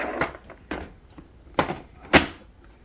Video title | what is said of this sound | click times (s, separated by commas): Types of Storage Containers for "Kitting Up" | that's locked into place. It's not going anywhere. | 0.7 s, 1.6 s